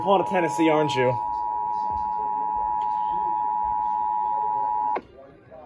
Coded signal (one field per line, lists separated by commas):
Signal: Emergency Alert System (SAME) tones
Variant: 853 and 960 Hz attention tone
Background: speech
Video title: EAS 486 - RMT